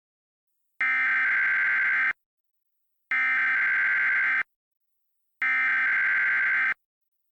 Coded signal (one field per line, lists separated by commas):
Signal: Emergency Alert System (SAME) tones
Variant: header bursts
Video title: The 2022 Eastern Blizzard: An EAS Scenario (Remastered)